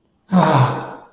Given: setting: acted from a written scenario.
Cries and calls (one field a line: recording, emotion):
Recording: vocal sound without words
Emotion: fear